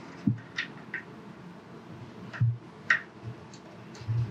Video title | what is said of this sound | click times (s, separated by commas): DJI Digital FPV system - Unboxing and COMPLETE setup with Holybro Kopis 2 HDV /part 2/ | it should click in very nicely. | 2.9 s